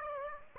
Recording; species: mosquito wingbeat signal from an infrared sensor; Aedes aegypti